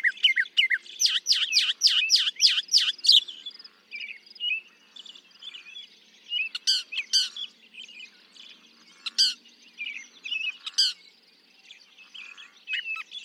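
Northern mockingbird song opening with a rapid run of sharp repeated notes, then shifting to scattered varied phrases and short chips with pauses between.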